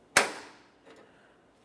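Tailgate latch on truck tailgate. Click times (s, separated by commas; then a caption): 0.2 s. The tailgate latch on the tailgate of a 2004-2008 Ford F-150, fitted during a tailgate kit replacement, is actuated and releases with a single sharp snap at 0.2 s that rings out and fades over the next half second. A fainter rustle follows around 0.9 s, and the latch is left unlatched.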